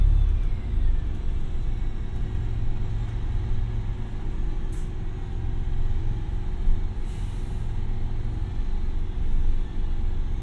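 A bus rides along in Brighton, its engine a steady low rumble with a constant drone throughout. Two brief hissing bursts cut through, one near the five-second mark and a longer one around seven seconds, like air brakes releasing.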